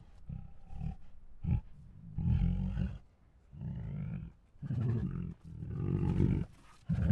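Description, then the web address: Tiger giving low rumbling groans in several uneven bursts, separated by brief pauses and quieter breaths. Hungry tigers groaning, huffing, moaning and snoring. "Sound Ideas Tigers. Hungry Groans, Huffs, Moans and Snores"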